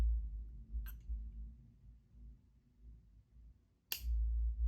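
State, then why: Seated. A heavy metal magnetic cap is fitted onto a metal fountain pen body. After a quiet stretch with a faint earlier tick near 0.9 s, the cap snaps shut with a sharp click at 3.9 s and seats in place.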